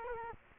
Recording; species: mosquito wingbeat signal from an infrared sensor; Culex quinquefasciatus